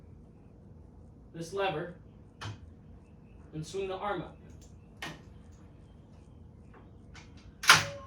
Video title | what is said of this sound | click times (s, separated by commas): Bowflex Revolution home gym complete review | us go on number two you hear it lock you can hear it lock in right | 7.7 s